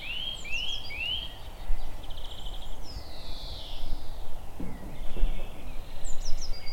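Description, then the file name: Eurasian nuthatch calling with three clear upslurred whistles in quick succession at the start, then softer sliding whistled notes amid steady low background noise. "Sitta europaea"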